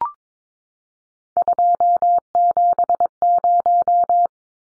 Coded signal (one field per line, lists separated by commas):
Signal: Morse code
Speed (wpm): 22 wpm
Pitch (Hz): 700 Hz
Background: none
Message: 270